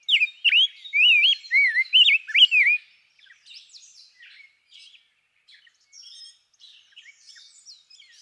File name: Rose-breasted Grosbeak